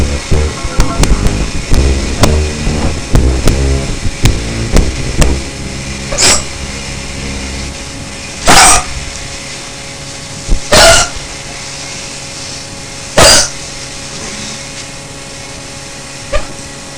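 An adult's run of hiccups: after a stretch of low rhythmic thumping background noise, five short, sharp bursts come roughly every two to three seconds, each the abrupt catch of breath at the closing throat that follows a sudden diaphragm spasm.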